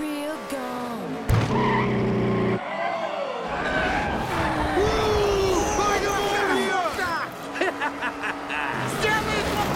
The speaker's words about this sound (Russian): Авария на третьем повороте! На, споткнись, Маккуин! Ох, куча мала позади лидеров!